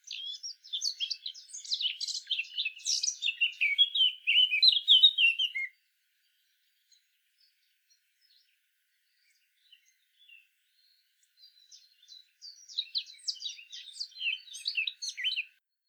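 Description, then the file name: Eurasian blackcap song: a fast, varied warble of scratchy and fluty notes for about six seconds, ending in falling whistles, then a quieter warbled phrase near the end. "Sylvia atricapilla"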